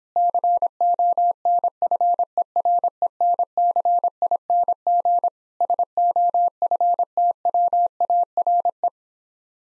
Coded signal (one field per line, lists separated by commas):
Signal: Morse code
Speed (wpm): 26 wpm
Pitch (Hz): 700 Hz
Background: none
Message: CONFERENCING SOFTWARE